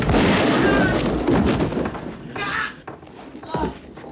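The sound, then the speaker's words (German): Loud, crackling gunfire fills the opening seconds, followed by a few separate sharp shots with gaps between them, each a harsh burst that quickly fades, as police commissioner Silva throws himself through a destroyed door into a first-floor apartment and shoots. “Er wirft sich durch die völlig zerstörte Tür und schießt.”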